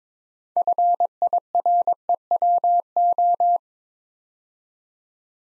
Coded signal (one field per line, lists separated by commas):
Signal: Morse code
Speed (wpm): 22 wpm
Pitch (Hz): 700 Hz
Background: none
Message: FIREWO